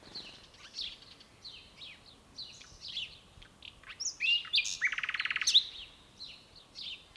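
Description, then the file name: Common nightingale phrases of varied whistles and short slurred notes, then a loud rapid rattling trill after about five seconds, followed by a few more notes, over soft background hiss. "Luscinia megarhynchos"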